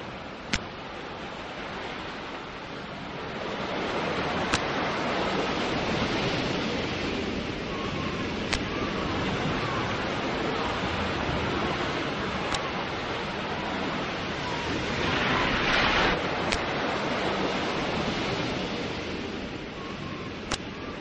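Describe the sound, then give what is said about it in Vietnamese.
A steady, rushing roar of churning sea water that surges louder twice, with a few sharp knocks cutting through as violent waves pound against a ship's hull in the sea area called Indang Su. No voices. “Nhưng đến một vùng biển gọi là Indang Su, lập tức có con sóng dữ đập vào mạn tàu, tưởng chừng phá tan nó ra từng mảnh.”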